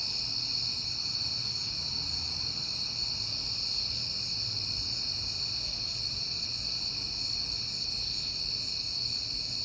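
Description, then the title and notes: Crickets in a dense, steady chorus of high shimmering trills that never pause, over a faint low rumble. Crickets heard often in September; recorded on a peaceful night. "Night Time: Crickets and Passing Cars. It is September and I have been hearing the crickets a lot, but finally had a peaceful night to make the recording"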